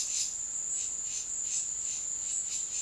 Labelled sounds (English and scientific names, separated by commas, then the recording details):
none
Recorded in dense forest near Puerto Asís, Putumayo, Colombia, on 19 February 2024 at 15:30
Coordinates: 0.505, -76.324
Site G6467